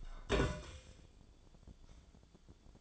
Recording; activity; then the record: daily activity, microphone in the room; take from stove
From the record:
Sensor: 5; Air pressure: 1010.0 hPa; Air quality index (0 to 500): 155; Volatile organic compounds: 3 ppm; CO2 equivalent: 1510 ppm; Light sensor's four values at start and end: 246/594/254/280 and 245/590/253/279